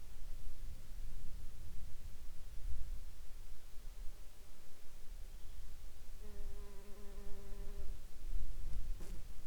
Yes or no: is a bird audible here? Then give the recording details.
no. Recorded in the Arctic National Wildlife Refuge, Alaska, on 8 July 2021 at 10:47. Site 42